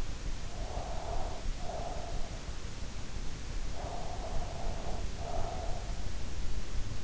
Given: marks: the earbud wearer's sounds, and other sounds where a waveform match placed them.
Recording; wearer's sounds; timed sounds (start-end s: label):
sounds in sleep by an in-ear microphone; breath
0.48-2.43 s: breath
3.58-6.11 s: breath